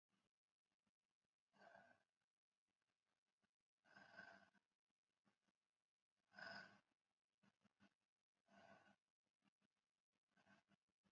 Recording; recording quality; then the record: shallow breathing; excellent, no background noise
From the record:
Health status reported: respiratory illness, not identified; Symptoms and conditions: fever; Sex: female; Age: 25 years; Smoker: not ticked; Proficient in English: yes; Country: India